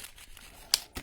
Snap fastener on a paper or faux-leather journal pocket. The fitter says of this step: All right, there's that. But you can hear that snap.